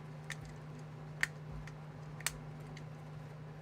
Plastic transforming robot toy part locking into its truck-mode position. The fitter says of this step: I was waiting for for a nice click like that.